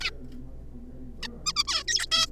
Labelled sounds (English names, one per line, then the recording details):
Zebra Finch
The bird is a juvenile
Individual R3549